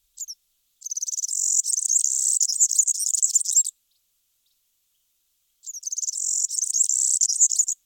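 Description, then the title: European serin giving high-pitched, sizzling jingles: a brief note, a burst of about three seconds, a pause, then another burst running to the end. "Sylvain Jaskowiak - Mes piafs. Serin cini"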